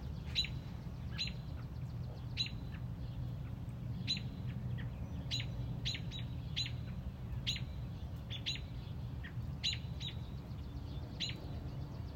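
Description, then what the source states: Robin repeating short, sharp chip notes, sometimes in close pairs, through steady low background noise. Mother robin protecting a newly hatched chick on a front porch.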